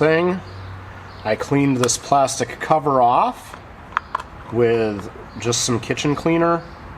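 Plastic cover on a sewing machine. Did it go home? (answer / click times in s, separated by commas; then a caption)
no / none. Someone talks while handling the cleaned plastic cover of a New Home 702 sewing machine, which was wiped down with kitchen cleaner and is being brought back onto the machine. A few short, sharp handling ticks are heard around 4.0 and 4.2 seconds between the speech. The cover has not seated or clicked into place yet.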